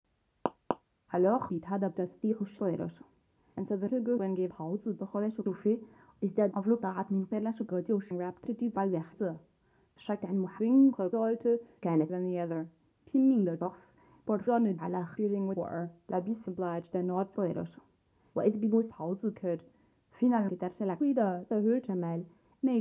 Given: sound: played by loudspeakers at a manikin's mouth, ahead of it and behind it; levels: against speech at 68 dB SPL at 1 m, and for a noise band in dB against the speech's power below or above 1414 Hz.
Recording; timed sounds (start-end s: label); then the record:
test signals for a remote microphone
0.46 s: click
0.71 s: click
1.08-22.81 s: speech test signal (ISTS)
From the record:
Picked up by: measurement microphone